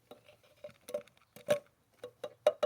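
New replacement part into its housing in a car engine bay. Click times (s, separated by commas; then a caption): 2.5 s. A new replacement part, possibly a filter element, is slid down into its housing in the engine bay of a 1985 Mercedes 300SD diesel. A series of light taps and scrapes builds to a sharp click at 2.5 s as the part pops into place, followed by another quick tap at 2.6 s. The part is seated.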